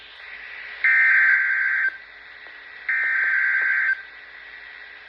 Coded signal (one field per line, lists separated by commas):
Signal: Emergency Alert System (SAME) tones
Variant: header bursts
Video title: SVR | EAS #925